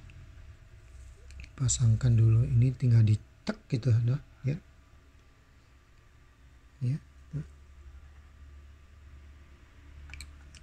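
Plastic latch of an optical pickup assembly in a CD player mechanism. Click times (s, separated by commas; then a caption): 10.1 s, 10.2 s. A plastic latch on a replacement optical pickup is pressed into place while it is being reinstalled in an Arcam CD73 CD player mechanism. Someone talks early on, then two short, sharp clicks are heard at 10.1 and 10.2 seconds as the latch snaps in. The pickup is now seated and locked.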